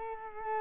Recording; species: mosquito wingbeat signal from an infrared sensor; Culex quinquefasciatus